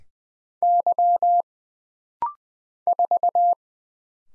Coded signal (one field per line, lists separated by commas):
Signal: Morse code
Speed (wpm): 20 wpm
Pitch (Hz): 700 Hz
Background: none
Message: Y 4